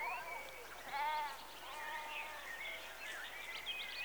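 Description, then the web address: Sheep bleating, one louder wavering bleat among fainter bleats over a steady outdoor hush. Rural exterior atmosphere background, sheep recorded close in the early evening. "BBC Sound Effects Library - Exterior Atmospheres-Rural Backg Sheep Early Evening- Close"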